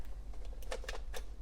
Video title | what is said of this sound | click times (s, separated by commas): Canon EOS Rebel XTi 400D Review | there you go you want it you hear a click once you're done you're done | 0.7 s, 0.9 s